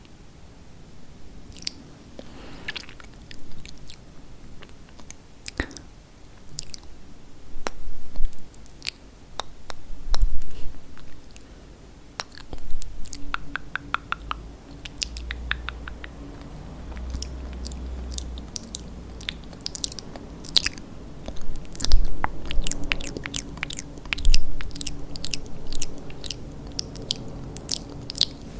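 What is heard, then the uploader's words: Wet mouth sounds from lip gloss being applied: sticky smacks, small kisses and clicks come in irregular bursts. They grow denser and busier in the second half. A low, steady hum and occasional soft thumps sit underneath. ASMR Lipgloss Application ~ Mouth Sounds, Kisses, Tapping, Lipgloss Sounds.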